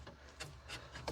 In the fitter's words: Plug it in. Make sure everything is snapped into place.